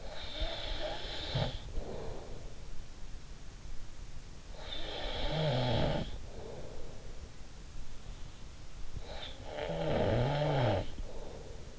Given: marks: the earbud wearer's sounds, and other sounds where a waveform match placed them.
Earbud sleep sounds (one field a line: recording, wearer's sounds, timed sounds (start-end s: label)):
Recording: sounds in sleep by an in-ear microphone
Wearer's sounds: snoring breath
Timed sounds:
0.00-2.63 s: snoring breath
4.52-7.28 s: snoring breath
8.97-11.79 s: snoring breath